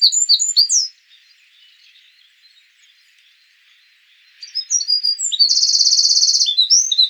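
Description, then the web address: Eurasian wren: a burst of high, rapid twittering notes, a pause, then loud tumbling phrases leading into a fast buzzy trill and more sharp notes. "troglodytes troglodytes"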